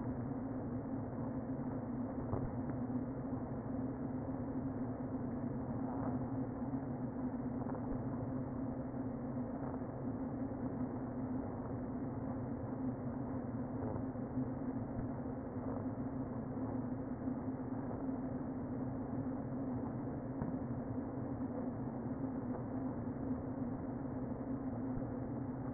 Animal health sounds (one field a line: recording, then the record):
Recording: honeybee colony, microphone inside the hive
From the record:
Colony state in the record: queen present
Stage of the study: before two queens were removed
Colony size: about 60,000 bees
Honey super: yes